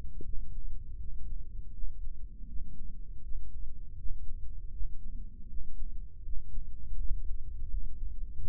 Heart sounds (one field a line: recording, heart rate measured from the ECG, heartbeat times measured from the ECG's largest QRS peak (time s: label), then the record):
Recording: heart sounds by microphone in the right ear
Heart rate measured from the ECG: 81 bpm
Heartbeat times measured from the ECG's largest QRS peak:
0.24 s: heartbeat
0.99 s: heartbeat
1.73 s: heartbeat
2.47 s: heartbeat
3.22 s: heartbeat
3.97 s: heartbeat
4.72 s: heartbeat
5.48 s: heartbeat
6.23 s: heartbeat
6.97 s: heartbeat
7.69 s: heartbeat
8.41 s: heartbeat
From the record:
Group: healthy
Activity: rest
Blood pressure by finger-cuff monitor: 146/80 mmHg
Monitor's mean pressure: 95 mmHg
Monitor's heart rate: 80 bpm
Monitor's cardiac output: 7.8 L/min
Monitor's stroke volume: 97 mL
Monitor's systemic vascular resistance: 900 dyn s/cm5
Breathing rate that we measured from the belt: 22 breaths a minute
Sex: male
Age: 57 years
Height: 188 cm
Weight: 106 kg